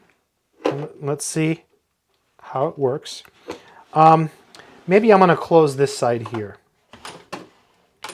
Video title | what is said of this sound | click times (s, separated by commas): Amazon Basics 173-Piece General Household Tool Kit Set Unboxing | oh no you can see this this is not snapped in you see | none